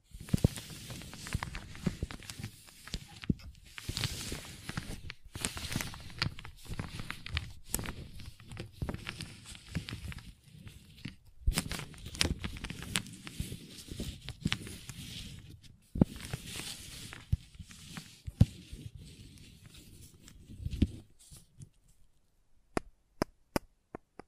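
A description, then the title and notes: Squishy slime sounds with soft sticky squelches and crackles, dense and irregular for the first twenty seconds, with sharp clicks scattered throughout. A brief quieter gap falls near sixteen seconds. After about twenty-one seconds the texture drops away, leaving a few isolated crisp taps. Some various mixed sounds.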